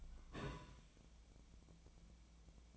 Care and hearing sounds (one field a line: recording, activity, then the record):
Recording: daily activity, microphone in the room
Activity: take from stove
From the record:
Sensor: 1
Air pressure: 1009.9 hPa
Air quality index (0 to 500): 188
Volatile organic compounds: 17 ppm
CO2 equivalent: 2582 ppm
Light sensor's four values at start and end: 37/95/40/49 and 37/95/40/49